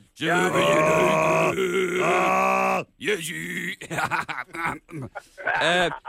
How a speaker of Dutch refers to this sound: volgens mij is de hinde aan het roepen.